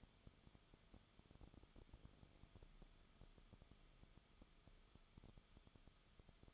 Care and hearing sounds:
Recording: daily activity, microphone in the room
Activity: no activity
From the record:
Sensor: 4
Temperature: 22.9 degrees Celsius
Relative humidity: 34.5%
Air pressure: 1011.5 hPa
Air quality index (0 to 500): 193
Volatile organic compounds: 13 ppm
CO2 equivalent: 2389 ppm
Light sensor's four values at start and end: 2/3/1/1 and 2/3/1/1

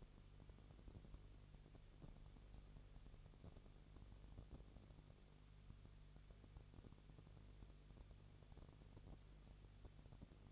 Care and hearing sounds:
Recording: daily activity, microphone in the room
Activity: no activity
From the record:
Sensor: 4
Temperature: 22.3 degrees Celsius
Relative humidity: 32.8%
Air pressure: 1002.0 hPa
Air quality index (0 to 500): 185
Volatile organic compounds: 4 ppm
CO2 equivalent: 1631 ppm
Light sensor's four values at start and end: 2/3/1/1 and 2/3/1/1

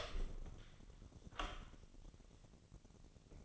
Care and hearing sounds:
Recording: daily activity, microphone in the room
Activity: open door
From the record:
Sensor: 4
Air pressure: 1010.0 hPa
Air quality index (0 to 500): 198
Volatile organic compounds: 3 ppm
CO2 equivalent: 1421 ppm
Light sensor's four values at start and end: 38/93/38/41 and 36/88/36/39

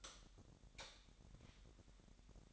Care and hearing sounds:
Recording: daily activity, microphone in the room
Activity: light off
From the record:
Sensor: 3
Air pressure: 1011.9 hPa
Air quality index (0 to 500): 234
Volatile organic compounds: 5 ppm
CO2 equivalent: 1733 ppm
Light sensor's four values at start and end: 17/43/18/18 and 15/34/14/15

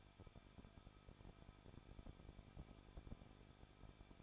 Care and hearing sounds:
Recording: daily activity, microphone in the room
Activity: no activity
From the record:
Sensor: 5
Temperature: 20.8 degrees Celsius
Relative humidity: 38.6%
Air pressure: 1006.5 hPa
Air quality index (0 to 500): 192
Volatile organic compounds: 21 ppm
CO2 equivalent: 2713 ppm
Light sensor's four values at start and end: 2/3/1/1 and 2/3/1/1

